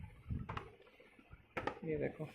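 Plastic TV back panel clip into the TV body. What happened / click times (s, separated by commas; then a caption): The plastic panel is being handled and has not yet clicked home / none. A plastic back panel of a Lloyd 24-inch LED TV is being handled and pressed onto the TV body, with short sharp knocks around 0.5 s and 1.6 s while someone talks. Nothing has seated or clicked yet; the clip ends just before the panel's clip snaps home.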